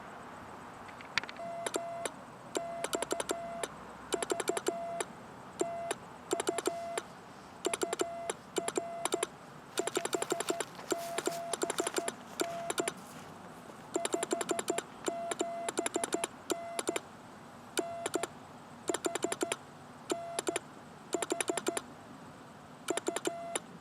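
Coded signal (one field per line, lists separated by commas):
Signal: Morse code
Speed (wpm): 13 wpm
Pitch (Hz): 680 Hz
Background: none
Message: M X V TU UR 57N 57N N H N H U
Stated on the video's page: Morse code sent with 1930s equipment during a Parks on the Air activation at a CCC camp, with help from local operators.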